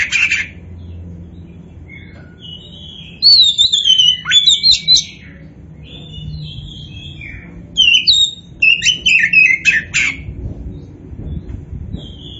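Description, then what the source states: Oriental magpie-robin song: two long, energetic runs of varied whistles and chattering notes, separated by a quiet gap, over low background rumble. Indonesian name kacer poci; described as gacor, singing vigorously and often.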